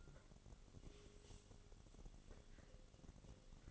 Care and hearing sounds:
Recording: daily activity, microphone in the room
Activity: take from stove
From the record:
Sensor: 4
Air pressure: 1008.7 hPa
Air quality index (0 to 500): 104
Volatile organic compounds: 1 ppm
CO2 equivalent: 772 ppm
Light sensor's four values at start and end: 11/24/10/9 and 11/24/10/9

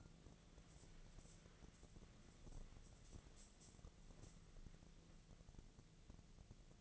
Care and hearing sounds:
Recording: daily activity, microphone in the room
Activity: wipe stove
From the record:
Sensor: 4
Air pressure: 1001.3 hPa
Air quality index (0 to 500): 184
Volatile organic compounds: 2 ppm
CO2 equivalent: 1312 ppm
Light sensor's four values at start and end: 13/29/12/12 and 13/29/12/12

